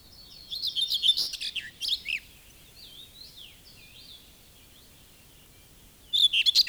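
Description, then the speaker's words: Common whitethroat song: a short, fast, scratchy, chattering phrase, then faint thin warbling, then the next scratchy burst begins. A fairly lively singer whose cheerful phrase is heard from bushes at the edges of fields. "Seuraavaksi esittelemme Pensaskertun, joka on jo aika reipas laulaja."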